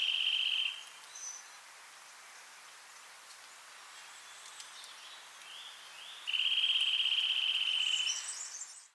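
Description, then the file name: Eurasian nuthatch trilling: a short level trill opens, quiet rising whistles follow, then a longer rapid trill of about two seconds. "Sitta europaea"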